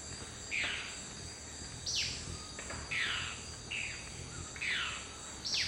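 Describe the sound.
Dusky-throated antshrike gives quick harsh notes sweeping downward, roughly one each second, with a continuous buzzing insect chorus behind.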